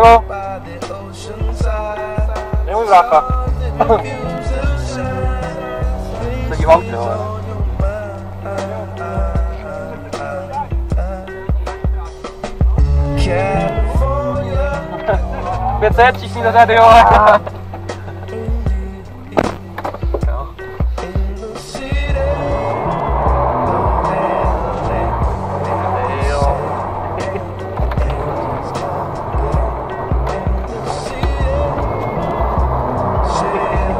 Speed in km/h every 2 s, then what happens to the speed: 0, 0, 0, 0, 0, 0, 0, 0, 0, 0, 0, 11, 20, 18, 23, 20, 11.
0-21 standing. 21-28 pulls away to 23. 28-34 slows to 11.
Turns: 22-25, 29-32.